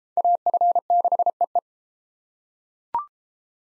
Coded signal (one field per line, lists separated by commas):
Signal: Morse code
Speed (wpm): 31 wpm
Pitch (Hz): 700 Hz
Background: none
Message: AF6EE